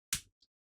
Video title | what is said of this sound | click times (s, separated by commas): I BUILT A KEYBOARD FOR ANOTHER VTUBER?? | Here we are. A little satisfying click to know everything's going into the right spot. | 0.1 s